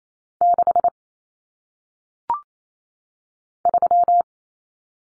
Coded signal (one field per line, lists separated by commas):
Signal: Morse code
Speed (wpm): 28 wpm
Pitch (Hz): 700 Hz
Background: none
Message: 6 3